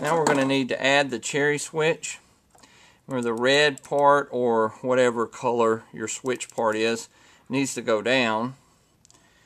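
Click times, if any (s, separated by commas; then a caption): 9.0 s, 9.1 s. Someone talks while a plastic Cherry microswitch, with its red switch part facing down, is pressed onto the underside of an arcade push button housing. Two quick, faint clicks sound at about 9.1 s and 9.1 s as the switch pops into the push button housing and seats.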